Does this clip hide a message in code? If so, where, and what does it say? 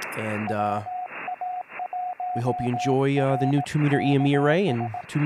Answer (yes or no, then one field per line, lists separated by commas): yes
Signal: Morse code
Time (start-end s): 0.5-5.0 s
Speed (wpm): 18 wpm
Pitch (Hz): 710 Hz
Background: speech, radio noise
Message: WA1RKS